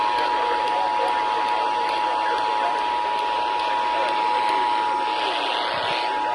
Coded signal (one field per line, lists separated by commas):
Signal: Emergency Alert System (SAME) tones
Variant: 853 and 960 Hz attention tone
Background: speech